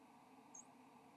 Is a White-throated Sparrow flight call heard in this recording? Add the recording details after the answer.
no. Another species' flight call is heard. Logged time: 05:20 on 7 November 2014